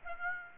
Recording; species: mosquito wingbeat signal from an infrared sensor; Aedes aegypti